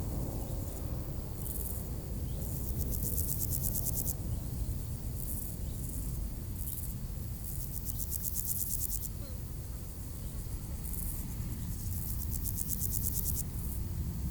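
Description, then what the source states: Grasshopper song in many repeated bursts of fast, ticking high buzz of varying length, separated by short pauses, with a continuous low rumble underneath. Grasshoppers by road D633 at Aveize, France, with cars passing, around five o'clock; recorded with a Sony PCM-M10 in AB microphone position.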